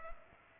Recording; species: mosquito wingbeat signal from an infrared sensor; Culex pipiens